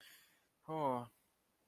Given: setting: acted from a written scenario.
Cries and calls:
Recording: vocal sound without words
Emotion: neutral

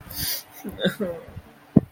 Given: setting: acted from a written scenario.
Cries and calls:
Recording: vocal sound without words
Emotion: sadness

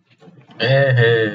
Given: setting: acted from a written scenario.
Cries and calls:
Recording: vocal sound without words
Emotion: elation

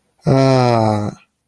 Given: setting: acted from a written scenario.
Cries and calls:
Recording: vocal sound without words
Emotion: contentment

